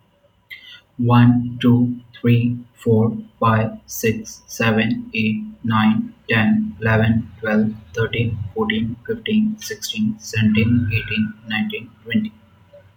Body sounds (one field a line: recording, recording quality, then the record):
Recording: counting at a normal pace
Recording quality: excellent, no background noise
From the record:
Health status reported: healthy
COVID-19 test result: negative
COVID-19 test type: RT-PCR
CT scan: not taken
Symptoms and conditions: none ticked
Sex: male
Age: 22 years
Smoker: no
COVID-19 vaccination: one dose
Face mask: not worn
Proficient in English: yes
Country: India